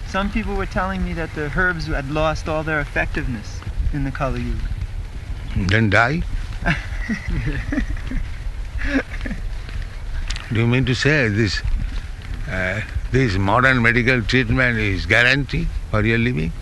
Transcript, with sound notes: Some people were telling me that the herbs had lost all their effectiveness in the Kali-yuga.
Then die. [laughter] Do you mean to say this modern medical treatment is guarantee for your living?